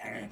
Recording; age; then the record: pig call; piglet (1 to 25 days)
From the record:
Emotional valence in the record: negative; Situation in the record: castration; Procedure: castration, cut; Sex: male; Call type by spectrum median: low-frequency call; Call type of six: low-frequency stable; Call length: 0.32 s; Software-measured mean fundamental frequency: 55 Hz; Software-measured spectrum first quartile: 439 Hz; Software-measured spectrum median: 1029 Hz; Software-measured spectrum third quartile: 2089 Hz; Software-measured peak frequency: 216 Hz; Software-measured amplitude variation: 102 dB a second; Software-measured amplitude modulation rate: 22.0 a second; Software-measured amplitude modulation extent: 4.6 dB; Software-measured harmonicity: 0.7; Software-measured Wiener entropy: -1.41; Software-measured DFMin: 849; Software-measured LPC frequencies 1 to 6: 661, 1877, 2160, 3031, 4284, 6267 Hz